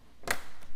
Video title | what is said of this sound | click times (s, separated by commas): Actual Installation of Safety 1st Cabinet and Drawer Latch - Ray Hayden, J.D. | just fold them down until they click alright | 0.3 s